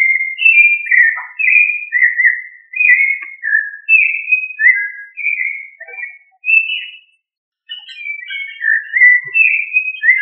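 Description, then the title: Thrush song: clear whistled phrases, mostly short slurred notes dropping in pitch, delivered in a steady flowing series with one brief pause. "Familia Turdidae - Sabia"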